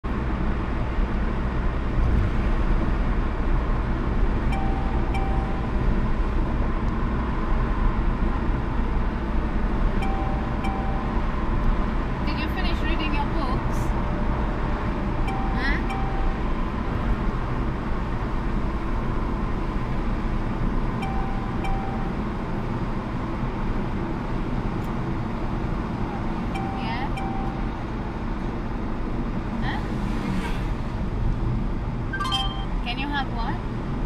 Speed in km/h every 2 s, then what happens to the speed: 71, 71, 71, 71, 69, 68, 68, 68, 68, 64, 63, 60, 58, 55, 53, 52, 50.
0-16 steady at about 69. 16-34 slows to 50.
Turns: none.